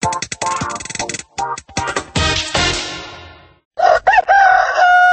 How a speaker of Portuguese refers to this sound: Já é madrugada, começo da manhã, os pássaros com alegria se despertam, cantando em agradecimento ao Criador pela oportunidade de mais um dia de vida.